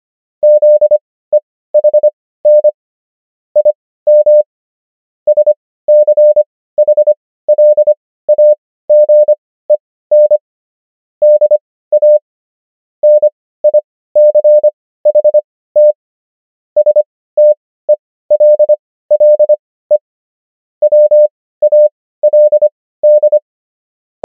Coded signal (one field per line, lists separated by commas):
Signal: Morse code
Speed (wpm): 25 wpm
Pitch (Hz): 600 Hz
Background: none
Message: ZEHN IM SCHLAGEN DA NICHT STELLE WALD